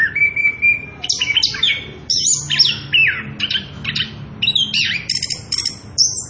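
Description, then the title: Orange-headed thrush song opening with a steady level whistle, then fast varied chirps and slurred notes. Recording used as a lure and master song to train young birds; continuous rolling song style ('ngerol'), very loud. "Anis Kembang Gacor. pancingan anis kembang ngerol edan volume dasyattt cocok buat masteran trotolan"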